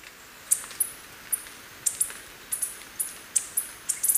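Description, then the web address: Yellow-throated Bush Tanager uttering rapid, piercing high chips, often in pairs, several per second, with soft background noise. Ecuador. "Birds of Ecuador Yellow-throated Bush-Tanager"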